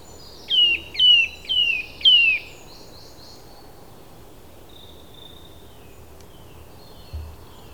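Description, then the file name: Eurasian nuthatch: four clear downslurred whistled calls in a brief burst, then near silence with faint bird notes. "Sitta europaea"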